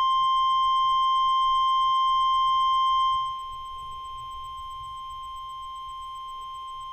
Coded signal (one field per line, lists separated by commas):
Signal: Emergency Alert System (SAME) tones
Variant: 1050 Hz attention tone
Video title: Flash Flood Warning in MD/WV [EAS 145] | NOAA Weather Radio (5/29/2012)